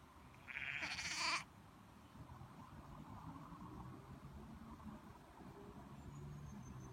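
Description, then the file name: Sheep: lamb bleating once, a short wavering baa lasting under a second, followed by quiet low background rumble. Young lamb bleating (baaing). "Cute baby lamb bleating - Baby lamb makes baaing sounds"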